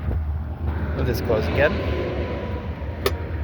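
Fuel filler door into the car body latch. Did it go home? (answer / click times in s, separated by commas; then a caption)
yes / 3.1 s. Someone talks beside a Nissan Altima (2013–2018) over a low rumble, then pushes the car's fuel filler door closed after refuelling. It snaps into its latch in the car body with one sharp hit at 3.1 s, and the door is latched shut and locked in place.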